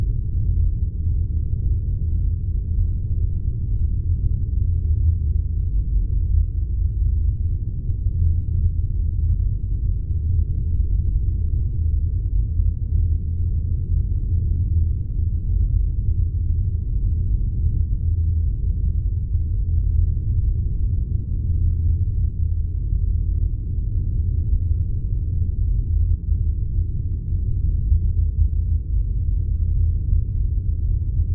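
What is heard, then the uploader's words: A deep, steady rumble fills the inside of the spaceship, like a constant engine drone. The sound is dark and muffled, with nothing bright above the low hum, and it holds at the same level for the full half-minute without any distinct events. Inside the Spaceship.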